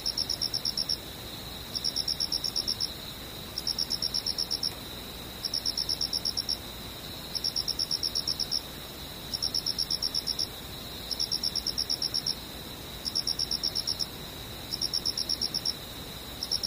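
An insect, likely a cricket, chirps in regular bursts of about one second, repeating roughly every two seconds throughout. Each burst is a rapid, high-pitched trill of pulses, and a steady thin whine holds underneath between bursts.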